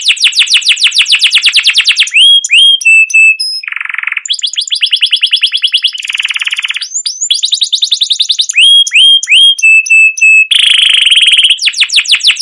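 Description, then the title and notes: Canary singing continuously in fast rattling trills broken by short buzzy bursts and clear whistled notes, with rapid rolls returning throughout. Canary song used as a lure (pancingan) to train other canaries; described as chirping, rolling (ngerol) and long, vigorous (gacor panjang) song. "CUIT CUIT NGEROL LANGSUNG GACOR PANJANG Kenari Utk Pancingan KENARI. burung kenari"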